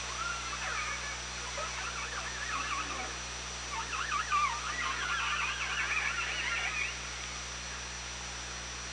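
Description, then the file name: Orca calls, a dense series of wavering, warbling tones sweeping up and down, strongest in the second half, over steady low electrical hum and hiss. Recorded on the OrcaLab hydrophone, 24 August 2017 at 18:03. "Orca Lab UTLN JASON 20170824 180336"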